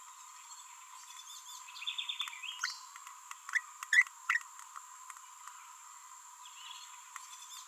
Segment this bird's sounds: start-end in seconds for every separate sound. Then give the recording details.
3.93-4.03, 4.29-4.38. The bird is a female. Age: 30 days. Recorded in a nest box in Venezuela. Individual 17B42B1